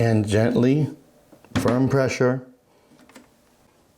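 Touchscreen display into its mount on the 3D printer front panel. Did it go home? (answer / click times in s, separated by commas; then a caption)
yes / 3.1 s, 3.2 s. Someone talks while the tabs of a plastic touchscreen display are lined up with the slots of its mount on the front panel of a Bambu Lab X1C 3D printer, and the screen is pushed in with gentle, firm pressure. A short double click sounds at 3.1 and 3.2 seconds as the touchscreen snaps and locks into its mount, seated.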